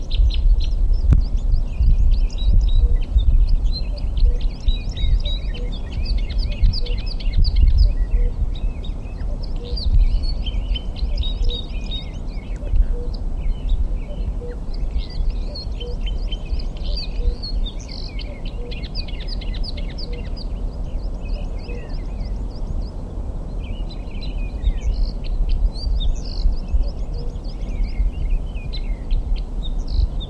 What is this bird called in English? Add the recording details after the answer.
Red Crossbill. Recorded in the wild. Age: adult. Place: Mirnock, Kärnten, AT. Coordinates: 46.758, 13.714. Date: 1967-05-14. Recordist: Brunner, Thomas